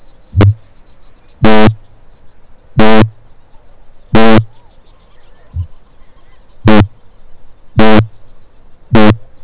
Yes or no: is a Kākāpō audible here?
yes